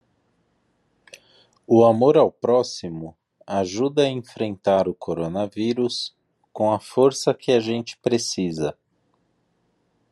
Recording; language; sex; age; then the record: spoken sentence; Brazilian Portuguese; male; 40 to 49 years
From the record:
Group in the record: control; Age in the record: 43 years